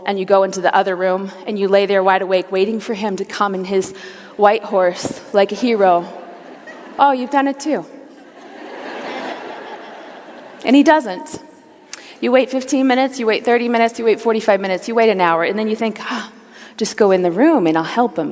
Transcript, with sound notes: You go into the other room, and you lay there wide awake, waiting for him to come on his white horse, like a hero. (laughter) Oh, you’ve done it, too! (laughter) And he doesn’t. You wait fifteen minutes. You wait thirty minutes. You wait forty-five minutes. You wait an hour. And then you think, Oh, I’ll just go in the room, and I’ll help him.